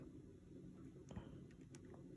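One of three small Phillips screws is being refitted into the barrel of a Sony Zeiss 24-70mm f4 zoom lens, turned anti-clockwise first to find the start of its thread. A small, sharp click is heard at about 1.8 s over a quiet, low hum, showing the screw has dropped into the start of its thread and is seated, ready to be turned clockwise and driven in.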